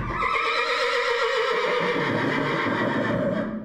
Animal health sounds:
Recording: contact call of a hoofed animal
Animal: horse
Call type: whinny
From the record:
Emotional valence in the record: negative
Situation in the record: separation from one group member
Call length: 3.7 s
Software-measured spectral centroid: 1920 Hz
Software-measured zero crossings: 2390 a second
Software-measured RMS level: -24 dBFS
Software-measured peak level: -11 dBFS

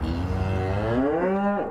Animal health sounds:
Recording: contact call of a hoofed animal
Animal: cattle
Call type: low-frequency (closed-mouth) or high-frequency (open-mouth) call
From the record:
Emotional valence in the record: negative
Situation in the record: full separation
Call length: 1.71 s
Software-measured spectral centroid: 1050 Hz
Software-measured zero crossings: 940 a second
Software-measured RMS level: -24 dBFS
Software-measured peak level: -13 dBFS

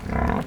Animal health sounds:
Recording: contact call of a hoofed animal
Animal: wild boar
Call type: grunt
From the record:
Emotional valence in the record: negative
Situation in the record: naturally occurring agonistic interactions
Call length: 0.47 s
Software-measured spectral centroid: 1530 Hz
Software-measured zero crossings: 1060 a second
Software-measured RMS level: -24 dBFS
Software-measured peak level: -10 dBFS

